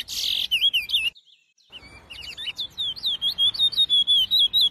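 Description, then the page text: Chestnut-bellied seed finch delivering a buzzy burst and a few slurred notes, a short silence, then a steady series of sweet, slurred whistled notes repeated quickly. "CURIÓ (Sporophila Angolensis) #natureza #curiócantando"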